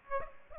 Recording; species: mosquito wingbeat signal from an infrared sensor; Aedes aegypti